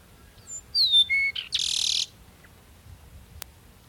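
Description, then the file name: Peruvian meadowlark song: a few clear whistled notes followed by a long harsh buzzy rasp, all high-pitched, in a quiet background. "Sturnella bellicosa - Peruvian Meadowlark"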